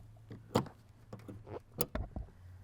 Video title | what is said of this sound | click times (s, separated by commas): Prospect Heights Fire District | just clicks right in and again | 1.8 s, 1.9 s